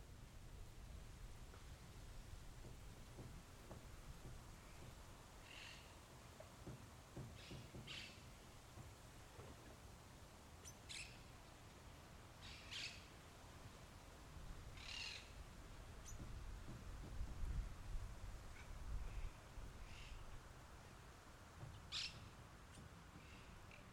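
Outdoor ambience in the river delta: a steady low rumble and soft hiss fill the background throughout. Short, bright bird calls ring out every few seconds, around six or seven of them, while the low rumble swells slightly near the end.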